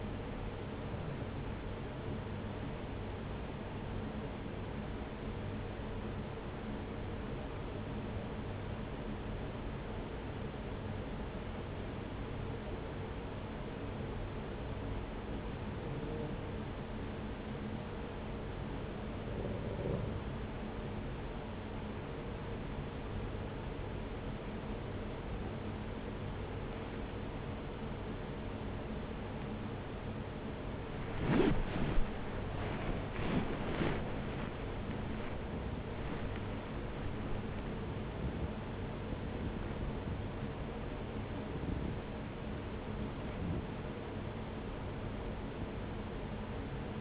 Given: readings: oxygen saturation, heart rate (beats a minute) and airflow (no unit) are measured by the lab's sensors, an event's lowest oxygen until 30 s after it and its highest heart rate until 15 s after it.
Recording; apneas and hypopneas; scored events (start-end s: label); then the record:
breathing in sleep by a voice recorder at the bedside; 1
3.00-25.20 s: hypopnea (N1, oxygen 93% highest, then 88% lowest)
26.00-47.01 s: new sleep stage, awake
32.00-47.01 s: awake
From the record:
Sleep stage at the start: N1 (lightest sleep); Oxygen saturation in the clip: 88 to 93%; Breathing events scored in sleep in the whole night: 303 in 8.1 hours asleep